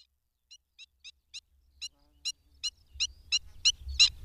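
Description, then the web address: Black-winged stilt calls starting faint and swelling louder, sharp yapping notes about three per second, ending in a strong harsh note. "Madardalok Cd 3. Gólyatöcs"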